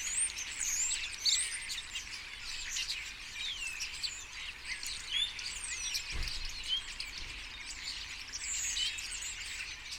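Common starlings chattering as a flock: a dense continuous mix of sharp whistles, clicks and slurred notes, with a brief low thump near six seconds.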